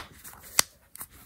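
The plastic cogwheel disc of a yo-yo maker is pressed into its plastic base plate over fabric laid face down, with the dash lined up with the knob. It gives a sharp snap at 0.6 s, then a fainter click near 1.0 s, and the halves are confirmed seated. Someone talks.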